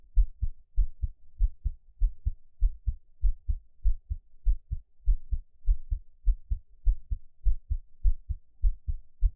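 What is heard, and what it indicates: Steady, low, muffled thumps fall in lub-dub pairs at about 100 beats a minute, with an even rhythm throughout. An adult's own heartbeat heard close up for ASMR, with no talking or other background sound.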